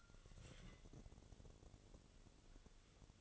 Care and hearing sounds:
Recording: daily activity, microphone in the room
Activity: take from stove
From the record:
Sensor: 4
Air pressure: 1008.9 hPa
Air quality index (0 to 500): 133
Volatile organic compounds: 1 ppm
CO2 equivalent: 968 ppm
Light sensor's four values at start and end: 11/25/10/9 and 11/24/10/9

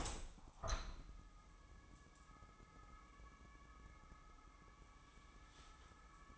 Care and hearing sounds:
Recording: daily activity, microphone in the room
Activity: open window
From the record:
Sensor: 1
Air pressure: 1000.6 hPa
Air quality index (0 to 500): 175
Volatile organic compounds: 4 ppm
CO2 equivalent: 1606 ppm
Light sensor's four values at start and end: 10/24/10/11 and 11/26/10/12

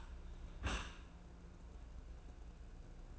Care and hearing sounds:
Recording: daily activity, microphone in the room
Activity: close dishwasher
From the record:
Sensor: 2

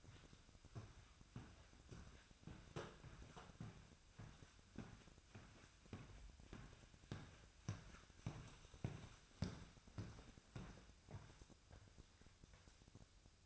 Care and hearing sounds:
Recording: daily activity, microphone in the room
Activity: walk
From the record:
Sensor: 2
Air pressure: 1001.5 hPa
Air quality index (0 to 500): 226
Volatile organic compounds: 25 ppm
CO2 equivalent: 2844 ppm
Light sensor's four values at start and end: 8/28/11/10 and 8/28/11/10

